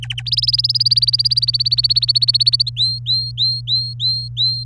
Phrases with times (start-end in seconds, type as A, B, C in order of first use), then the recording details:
0.02-0.22 A, 0.27-2.69 B, 2.77-4.64 C. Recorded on 24 April 2018 at 17:10. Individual llb3